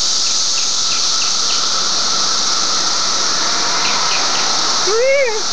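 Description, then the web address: Cicadas keep up a steady high buzzing drone with faint repeated chirps, then a bird gives a short, arched, whistled call near the end. Cicadas, 31 May 2004. "fleur cicadas - cicadas 4 may 312004"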